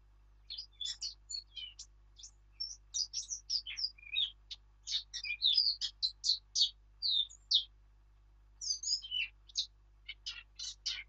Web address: birdsong Sylvia atricapilla